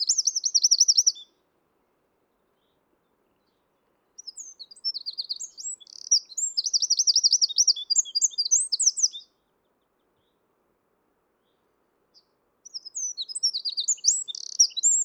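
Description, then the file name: Eurasian wren singing three energetic bursts of high, tumbling notes and rattling trills, separated by pauses of a few seconds. "Troglodytes troglodytes"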